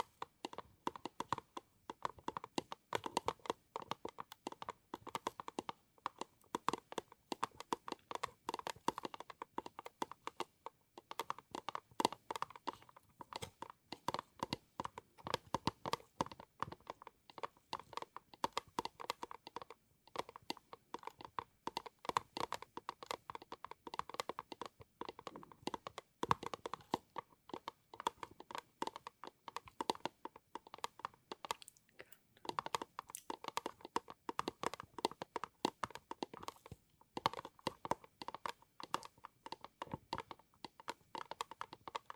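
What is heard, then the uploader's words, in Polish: Fingernails tap rapidly and continuously for the whole length, a dense stream of sharp clicks much like fast typing. The taps run unbroken with only brief gaps, crisp and bright, with a faint ringing tone around the clicks. ASMR Tapping Dźwięki uderzania paznokciami.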